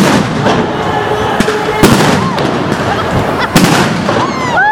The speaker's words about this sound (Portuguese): Agora a força tá mais forte. Várias bombas, vários tiros de bala de borracha, bomba de efeito moral, muito tiro, muita bomba. São bombas mais fortes dessa aí, tem muito mais fumaça. Elas expandem na hora.